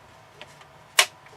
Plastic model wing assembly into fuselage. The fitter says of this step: that's not too bad. She clicks right in place.